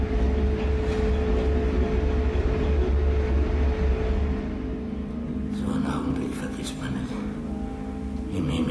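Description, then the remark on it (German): A steady, heavy rumble of a train rolling along the rails, with a low droning hum underneath and some brighter rattling and clatter toward the end. “Obwohl sie gewusst hat, dass ich, ihr eigener Ehemann, seit 30 Jahren den Zug fahre.”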